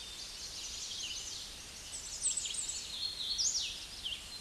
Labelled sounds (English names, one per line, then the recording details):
Hooded Warbler song
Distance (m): 20 m
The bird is about 10 m below the microphone
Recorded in a Pennsylvania forest on 16 May 2024 at 08:17
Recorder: AudioMoth, point MSD-1482
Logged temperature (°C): 15.6 °C
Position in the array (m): 167 m, 125 m